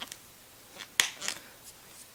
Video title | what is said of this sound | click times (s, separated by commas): Empire Eflex review with visor installation and disassembly | And then go with the edges, you'll hear it pop. | 1.0 s